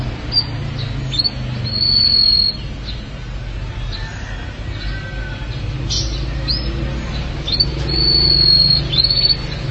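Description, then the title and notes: Canary song: long steady high whistles held for about a second, alternating with quick upswept chirps and a few faint lower notes over a low background hum. "BM Suara Kenari. BM Suara Burung Kenari"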